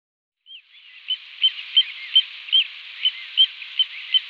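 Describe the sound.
Little ringed plover calls: a high, clear note repeated rapidly against a soft, hissy background.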